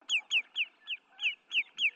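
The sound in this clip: Bird calls: a quick run of seven sharp, downslurred, loud notes over about two seconds.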